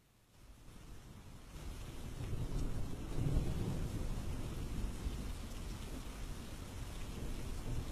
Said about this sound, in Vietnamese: Cơn mưa lớn trút xuống trong màn đêm đen đặc. Gió lạnh thổi ào ào như muốn kéo bật cả gốc của hàng tre bao quanh ngôi làng Xuân Kinh nghèo khổ.